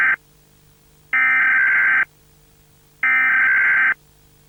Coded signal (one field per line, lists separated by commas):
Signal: Emergency Alert System (SAME) tones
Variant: header bursts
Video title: EAS Scenario | Analog Horror (THE BOILED ONE)